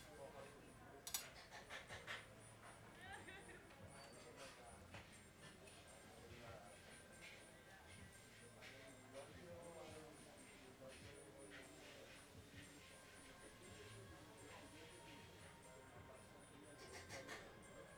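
A late lunch at the Rest Point Restaurant, with many voices talking at once in a steady, dense murmur. Sharp clinks and clatters of dishes and cutlery pop out now and then, the loudest just after the start, over a low rumble.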